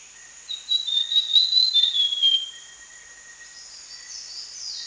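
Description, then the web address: Brown fulvetta giving a sweet wavering whistled phrase lasting about two seconds, slightly rising then falling, with a constant high insect hum behind. Recorded in Danum Valley, Borneo, on 1 January 2008. "DANUM 20080101. brown fulvetta"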